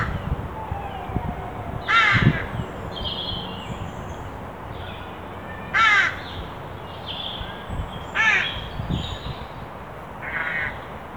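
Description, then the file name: Carrion crow uttering four hoarse caws spaced two to four seconds apart, with low rumbling background noise and faint extra calls. "Corvus corone"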